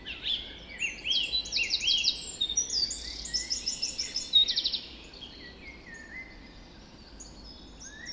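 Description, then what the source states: Dawn chorus birds singing bright, rapid repeated trills and chirps for several seconds, then fading to a few scattered high notes. Dawn chorus recorded just after dawn in the Forest of Dean.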